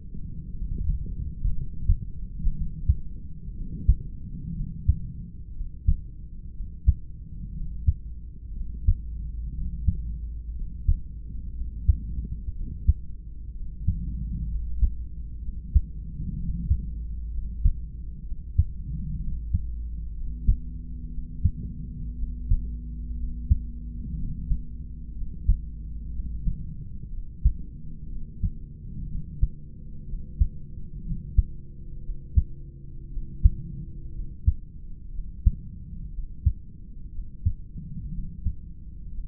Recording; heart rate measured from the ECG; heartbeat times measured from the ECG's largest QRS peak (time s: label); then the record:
heart sounds by stethoscope; 61 bpm
0.51 s: heartbeat
1.52 s: heartbeat
2.52 s: heartbeat
3.51 s: heartbeat
4.51 s: heartbeat
5.51 s: heartbeat
6.51 s: heartbeat
7.51 s: heartbeat
8.51 s: heartbeat
9.51 s: heartbeat
10.51 s: heartbeat
11.51 s: heartbeat
12.51 s: heartbeat
13.51 s: heartbeat
14.45 s: heartbeat
15.38 s: heartbeat
16.34 s: heartbeat
17.28 s: heartbeat
18.22 s: heartbeat
19.17 s: heartbeat
20.11 s: heartbeat
21.08 s: heartbeat
22.14 s: heartbeat
23.13 s: heartbeat
24.13 s: heartbeat
25.11 s: heartbeat
26.10 s: heartbeat
27.08 s: heartbeat
28.06 s: heartbeat
29.05 s: heartbeat
30.03 s: heartbeat
31.00 s: heartbeat
31.99 s: heartbeat
33.07 s: heartbeat
34.09 s: heartbeat
35.09 s: heartbeat
36.08 s: heartbeat
37.09 s: heartbeat
38.09 s: heartbeat
39.09 s: heartbeat
From the record:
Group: heart failure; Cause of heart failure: idiopathic cardiomyopathy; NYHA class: 2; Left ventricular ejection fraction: 17%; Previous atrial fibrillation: present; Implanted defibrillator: present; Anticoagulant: edoxaban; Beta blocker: bisoprolol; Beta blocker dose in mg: 7.5 twice daily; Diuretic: furosemide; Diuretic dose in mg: 20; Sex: male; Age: 63 years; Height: 160 cm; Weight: 69 kg